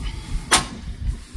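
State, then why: Seated. A Thule T2 Pro XTR hitch-mounted bike rack, tilted down, is lifted back upright until its metal tilt latch catches in the rack frame with a single sharp click at 0.5 s. The click is loud and brief against low, steady background rumble, and the rack is latched in the upright position. No one talks.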